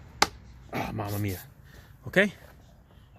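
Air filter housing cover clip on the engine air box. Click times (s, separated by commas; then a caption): 0.2 s. A loud, sharp click at 0.2 s as the second clip on the plastic air filter housing cover of the engine air box on a 2021 Jeep Grand Cherokee Limited 3.6L is snapped shut, and the clip seats. Someone talks afterwards.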